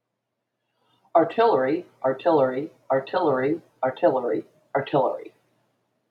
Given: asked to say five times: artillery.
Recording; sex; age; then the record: repeated word; female; 50 to 59 years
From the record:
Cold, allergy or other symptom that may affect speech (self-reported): no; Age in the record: 59 years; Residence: Florida, United States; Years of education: 16